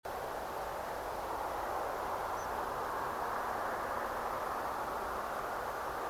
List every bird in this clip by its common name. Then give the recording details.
Tree Pipit. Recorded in France